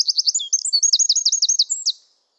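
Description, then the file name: Eurasian wren song, a torrent of piercing high notes delivered in quick trilled bursts for about two seconds before it stops. "Troglodytes troglodytes"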